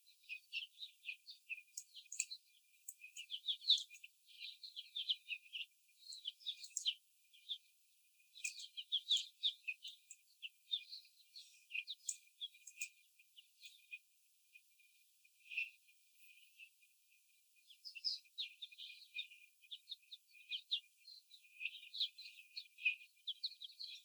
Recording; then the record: young laying hens in a cage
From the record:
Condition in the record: before the stressor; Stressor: simulated dog barking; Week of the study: 4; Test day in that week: 2